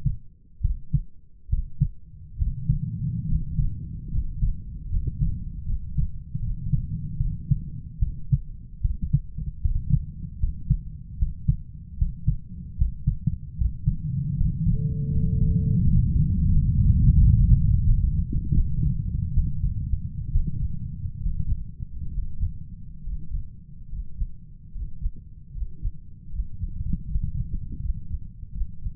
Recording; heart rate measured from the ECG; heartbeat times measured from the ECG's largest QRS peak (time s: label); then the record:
heart sounds by stethoscope; 75 bpm
0.61 s: heartbeat
1.49 s: heartbeat
2.37 s: heartbeat
3.27 s: heartbeat
4.10 s: heartbeat
4.89 s: heartbeat
5.64 s: heartbeat
6.39 s: heartbeat
7.17 s: heartbeat
7.99 s: heartbeat
8.81 s: heartbeat
9.61 s: heartbeat
10.39 s: heartbeat
11.18 s: heartbeat
11.97 s: heartbeat
12.77 s: heartbeat
13.57 s: heartbeat
14.36 s: heartbeat
15.11 s: heartbeat
15.81 s: heartbeat
16.50 s: heartbeat
17.17 s: heartbeat
17.84 s: heartbeat
18.53 s: heartbeat
19.33 s: heartbeat
20.31 s: heartbeat
21.21 s: heartbeat
22.12 s: heartbeat
23.03 s: heartbeat
23.89 s: heartbeat
24.71 s: heartbeat
25.52 s: heartbeat
26.30 s: heartbeat
27.06 s: heartbeat
27.80 s: heartbeat
28.52 s: heartbeat
From the record:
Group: healthy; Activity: rest 0-14 s, Valsalva maneuver 14-29 s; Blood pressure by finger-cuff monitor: 126/78 mmHg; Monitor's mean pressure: 88 mmHg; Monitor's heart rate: 76 bpm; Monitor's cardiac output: 7.6 L/min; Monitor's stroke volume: 96 mL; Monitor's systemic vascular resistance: 840 dyn s/cm5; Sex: male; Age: 23 years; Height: 178 cm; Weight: 96.6 kg